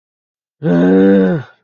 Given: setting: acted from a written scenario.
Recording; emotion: vocal sound without words; anger